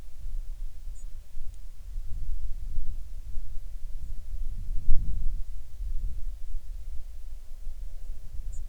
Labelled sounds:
bird
wind
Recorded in the Prudhoe Bay oil fields, Alaska, on 7 August 2019 at 05:23
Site 13

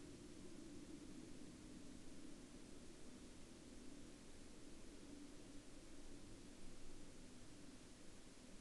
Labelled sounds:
man-made sound
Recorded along the Dempster Highway, Canada, on 14 October 2020 at 17:20
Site 12

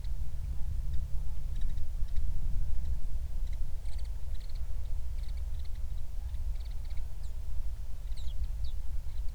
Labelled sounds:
songbird
wind
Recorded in the Prudhoe Bay oil fields, Alaska, on 31 July 2019 at 08:18
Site 24

